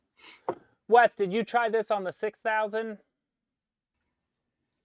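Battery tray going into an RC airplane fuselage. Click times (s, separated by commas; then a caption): 0.5 s. A plastic battery tray, with its two slots lined up, is pushed back into an RC airplane fuselage until the latch gives one sharp click at 0.5 s, and the tray is seated. Someone then talks.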